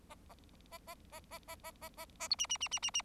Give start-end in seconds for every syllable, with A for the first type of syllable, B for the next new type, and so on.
0.72-0.78 A, 0.87-0.94 A, 1.12-1.20 A, 1.31-1.39 A, 1.48-1.55 A, 1.64-1.71 A, 1.81-1.89 A, 1.98-2.06 A, 2.20-2.28 A, 2.30-2.36 B, 2.38-2.46 C, 2.49-2.57 C, 2.60-2.68 C, 2.71-2.79 C, 2.82-2.90 C, 2.94-3.02 C